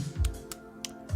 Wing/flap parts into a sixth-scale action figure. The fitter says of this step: and then they and they pop